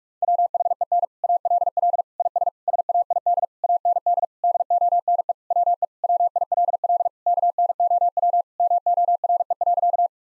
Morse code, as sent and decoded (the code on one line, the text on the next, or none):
.-- .... . -. / .- .-.. .-.. / .. ... / ... .- .. -.. / .- -. -.. / -.. --- -. . / .-- . / .-- .. .-.. .-.. / -.- -. --- .-- / -- --- .-. . .-.-.-
WHEN ALL IS SAID AND DONE WE WILL KNOW MORE.